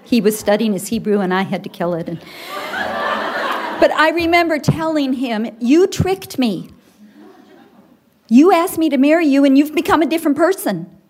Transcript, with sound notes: He was studying his Hebrew, and I had to kill it. (laughter) But I remember telling him, “You tricked me. You asked me to marry you, and you’ve become a different person.”